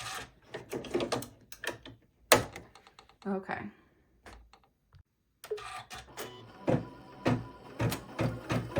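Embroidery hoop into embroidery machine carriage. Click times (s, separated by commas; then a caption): 2.3 s. An embroidery hoop is reloaded onto an embroidery machine's carriage after the hoop lever is unlocked, with scattered handling taps and clatter while someone talks. A sharp, loud hit at 2.3 seconds marks the hoop locking onto the carriage, and the hoop is seated.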